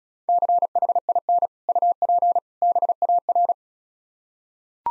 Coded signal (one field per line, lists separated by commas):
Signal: Morse code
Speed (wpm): 34 wpm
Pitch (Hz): 700 Hz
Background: none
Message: CHIN UP BAR